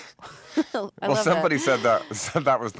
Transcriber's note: laughter